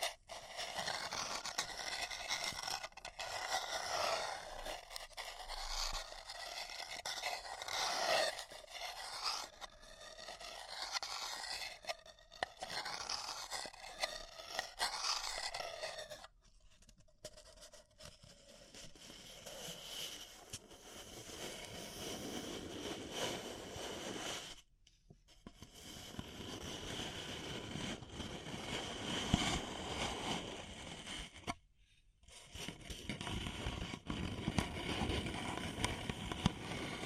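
Paper cups being handled, crinkled and scraped, with dense crackling bursts through the first sixteen seconds. After a brief silence the sound turns to softer, rougher rubbing and brushing, broken by short pauses near 25 and 32 seconds.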